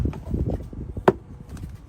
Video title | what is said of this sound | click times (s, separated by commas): 2021+ Ford Bronco Kustom Interior 2 Door Custom Leather Seat Covers Installation! @Apollo11-g2u | Push on it until you hear those clicks. That's how you know you're good. | 1.1 s